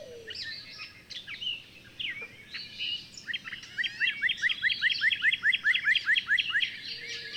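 Bird twittering starts scattered and varied, then settles into a steady train of quick upward chirps for the last few seconds.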